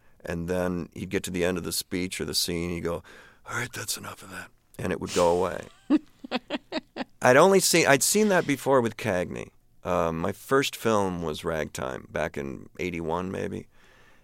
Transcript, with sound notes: And then he'd get to the end of the speech or the scene, he'd go, all right, that's enough of that. And it would go away.
(LAUGHTER)
I'd only seen - I'd seen that before with Cagney. My first film was "Ragtime," back in '81 maybe?